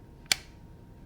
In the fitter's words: and you know you're all right when you hear that reassuring click.